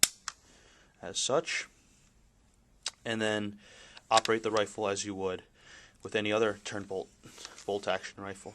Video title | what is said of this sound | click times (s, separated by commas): Carcano 1891/41 Review, 6.5x52mm | and then I finish it off with my thumb pushing until it clicks in place clicks and locks in place | 0.0 s